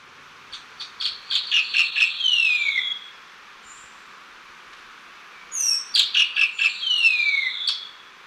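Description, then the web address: Black-winged saltator song: two phrases, each a quick run of short chirping notes ending in a drawn-out buzzy slurred note that drops in pitch, with a pause between. Ecuador. "S America Birds of Ecuador. Black-winged Saltator"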